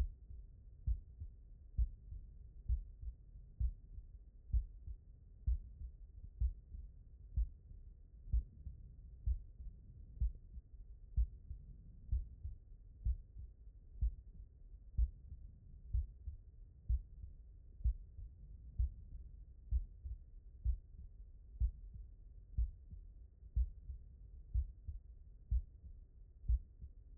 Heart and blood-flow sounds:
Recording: heart sounds by stethoscope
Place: mitral valve (MV)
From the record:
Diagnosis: non-HFrEF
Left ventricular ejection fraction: 65%

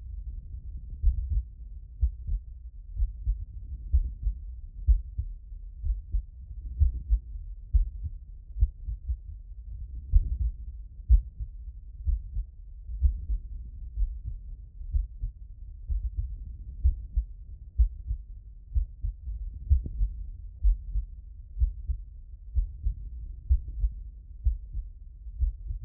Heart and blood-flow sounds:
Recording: heart sounds by stethoscope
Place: pulmonary valve (PV)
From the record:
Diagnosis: HFrEF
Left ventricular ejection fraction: 24%

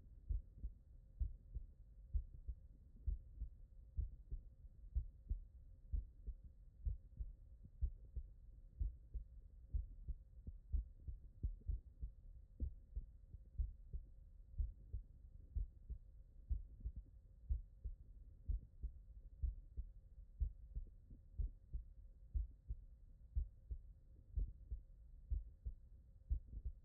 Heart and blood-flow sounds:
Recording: heart sounds by stethoscope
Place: tricuspid valve (TV)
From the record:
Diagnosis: non-HFrEF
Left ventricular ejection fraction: 43%

